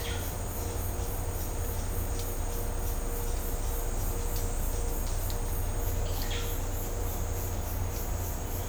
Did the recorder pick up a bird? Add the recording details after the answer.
yes. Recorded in dense forest near Puerto Asís, Putumayo, Colombia, on 20 December 2024 at 13:30. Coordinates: 0.503, -76.323. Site G043